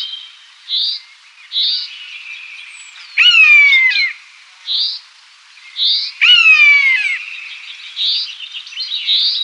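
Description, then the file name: Common buzzard giving two loud, harsh mewing calls that fall in pitch, among repeated short, higher chirping notes. "Ormvrak"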